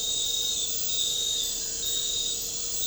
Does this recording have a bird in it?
no